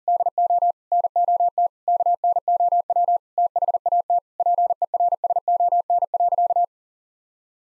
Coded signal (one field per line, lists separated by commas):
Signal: Morse code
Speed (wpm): 40 wpm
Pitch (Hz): 700 Hz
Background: none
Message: DO NOT KNOW THAT PERSON.